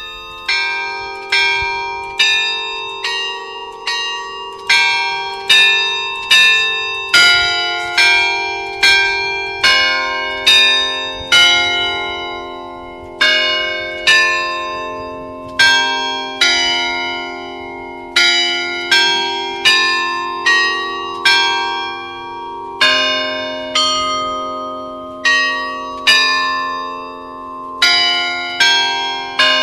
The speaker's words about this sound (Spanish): Noé hizo una grabación del sonido de las campanas de San Martín